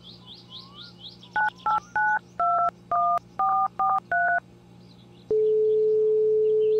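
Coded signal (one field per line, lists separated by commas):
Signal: DTMF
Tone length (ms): 260 ms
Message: 98921443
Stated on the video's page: Payphone call in the My Summer Car game via a mod.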